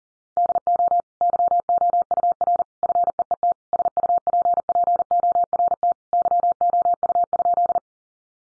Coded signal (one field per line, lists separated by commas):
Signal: Morse code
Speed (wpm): 40 wpm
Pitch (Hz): 700 Hz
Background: none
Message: DO YOUR FEET SUPPORT YOU?